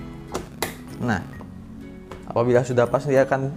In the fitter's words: suara cekrek seperti itu itu pertanda kita sudah menguncinya